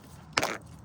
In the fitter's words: There we go. Make sure it clicks.